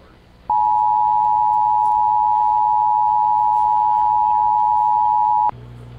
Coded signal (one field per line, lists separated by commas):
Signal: Emergency Alert System (SAME) tones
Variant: 853 and 960 Hz attention tone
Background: speech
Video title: EAS 16: Georgia CAE (Amber Alert)